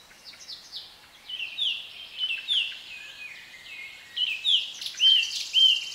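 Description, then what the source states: Bird song: varied whistled and warbled phrases in bursts against a quiet background. British birds in a nature atmosphere.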